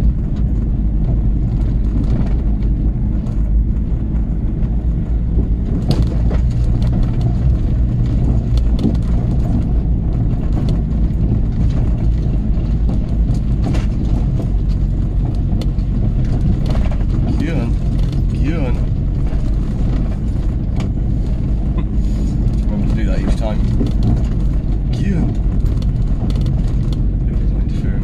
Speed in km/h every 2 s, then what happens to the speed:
21, 21, 23, 24, 23, 23, 19, 13, 11, 10, 11, 11, 11, 13.
0-10 steady at about 23. 10-17 slows to 10. 17-28 steady at about 11.